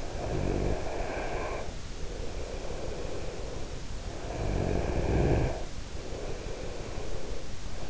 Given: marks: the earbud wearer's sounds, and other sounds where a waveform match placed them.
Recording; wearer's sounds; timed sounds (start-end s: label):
sounds in sleep by an in-ear microphone; snoring breath
0.00-4.07 s: snoring breath
4.12-7.90 s: snoring breath